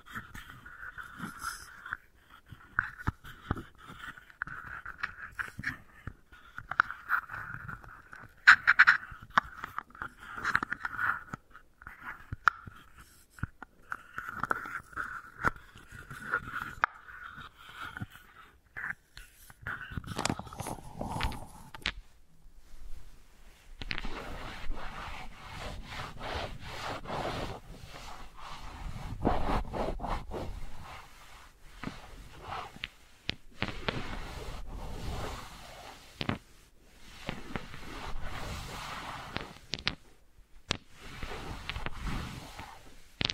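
Wooden balls are rubbed and rolled in a busy, uneven stream of dry scraping and clicking. For the first twenty seconds a steady mid-pitched whirring hum runs underneath. After a brief pause near 23 seconds, the handling turns brighter, denser and more crackly, with sharp knocks scattered throughout.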